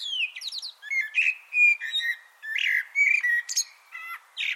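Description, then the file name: Eurasian blackbird song: dense, continuous fluty warbling mixed with squeaky high notes and slurred whistles, phrases following closely one after another. "Turdus merula"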